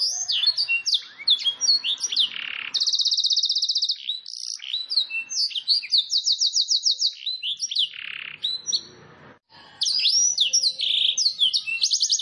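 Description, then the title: Canary song with several long, fast, buzzy trills broken up by quick whistled slurs and chirps, a short gap near the end, then more trilling. Domestic canary with a long, very active song meant for training other canaries and luring wild canaries. "Pikat Kenari GACOR PANJANG INI Cocok Untuk Masteran KENARI LIAR"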